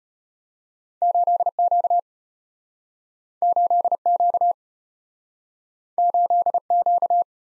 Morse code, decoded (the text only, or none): 8Q 8Q 8Q